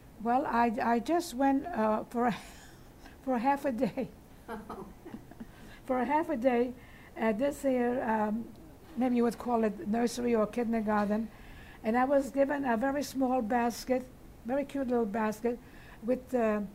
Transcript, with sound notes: Well, I just went for half a day.
Oh, no! ( they laugh )
For half a day at this here, uh, maybe you would call it nursery or kindergarten, and I was given a very small basket, a very cute little basket, with